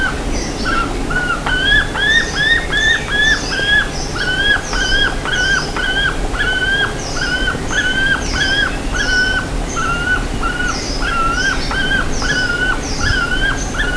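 Bird calling: quick looping whistles in a steady series, with bright high chirps scattered above, all against a low background rumble.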